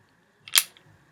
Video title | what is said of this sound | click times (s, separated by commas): How To Clean A Beretta PX4 Storm | there it was I don't know if you can if you can hear it but you'll know that it's a click | 0.6 s